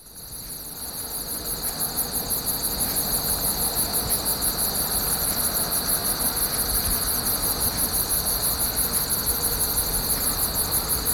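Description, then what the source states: Crickets in chorus, rapid regular high pulses nearly four per second rising in loudness over the first two seconds, over a continuous buzzing drone. Many crickets, outdoors.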